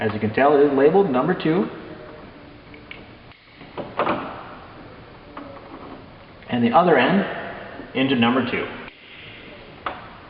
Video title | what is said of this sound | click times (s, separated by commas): Multiple Register Setup | you will notice that as you're pushing these in you will know that the connection is secure when you hear the click and | 9.9 s